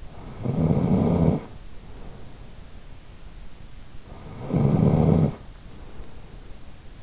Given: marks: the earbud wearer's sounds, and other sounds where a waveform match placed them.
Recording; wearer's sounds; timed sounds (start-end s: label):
sounds in sleep by an in-ear microphone; snoring breath
0.35-2.97 s: snoring breath
4.20-7.03 s: snoring breath